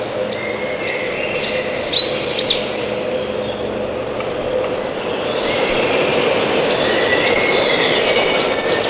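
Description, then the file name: Siberian chiffchaff song: bursts of very high, thin, falling notes in rapid uneven runs, pausing midway, then resuming over a rising background hiss. "пеночка печальная"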